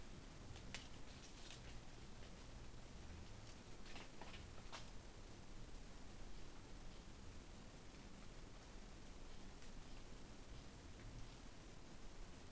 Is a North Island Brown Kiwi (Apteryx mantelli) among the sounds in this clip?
no